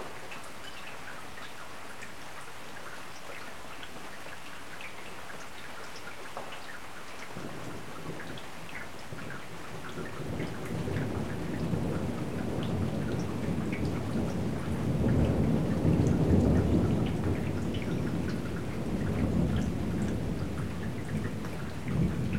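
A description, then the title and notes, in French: A thunderstorm with steady falling rain, the water pattering in a dense, even hiss for the first several seconds. Around ten seconds a deep rumble of thunder rises beneath the rain, swelling loudest near sixteen seconds and rolling on to the end. Côté jardin puis côté fenêtre, l'eau tombe, tombe tombe et nous fait tout petit.e.s. Orage.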